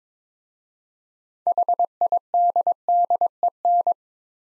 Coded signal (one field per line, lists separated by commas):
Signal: Morse code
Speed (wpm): 22 wpm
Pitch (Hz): 700 Hz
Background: none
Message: HIDDEN